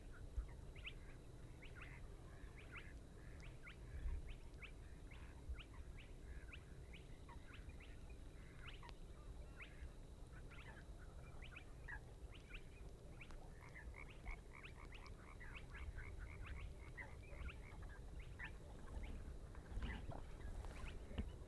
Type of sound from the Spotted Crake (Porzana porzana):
song